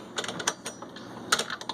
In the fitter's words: turn it it locks in place